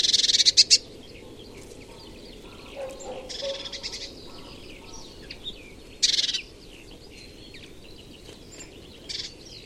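Bird calls: short rapid rattling bursts of high buzzy pulses, repeated a few times, with faint lower notes and soft chirps between them over steady background hiss.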